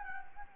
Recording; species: mosquito wingbeat signal from an infrared sensor; Anopheles gambiae